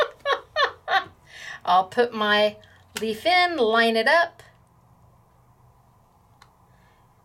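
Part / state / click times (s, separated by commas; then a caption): leaf die onto magnetic embossing plate / seated / 6.4 s. A leaf die is lined up on a magnetic embossing plate while someone talks, then it clicks into place at 6.4 seconds with a small, sharp tick. After the talking, the clip is mostly quiet, and the die ends up seated on the plate.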